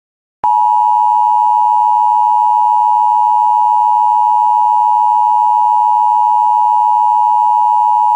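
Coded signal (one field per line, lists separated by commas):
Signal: Emergency Alert System (SAME) tones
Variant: 853 and 960 Hz attention tone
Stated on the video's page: Multiple alert headers received on WJON/IP Weatherscan feed, including several failed EAS transmissions.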